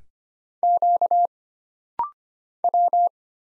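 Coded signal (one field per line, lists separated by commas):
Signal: Morse code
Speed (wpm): 25 wpm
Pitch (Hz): 700 Hz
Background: none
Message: Q W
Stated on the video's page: Computer-generated Morse at 25 wpm for rapid-fire single-character recognition drill: letters, numbers, punctuation and prosigns, each character sent twice.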